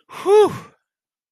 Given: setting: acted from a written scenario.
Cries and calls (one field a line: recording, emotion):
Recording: vocal sound without words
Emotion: relief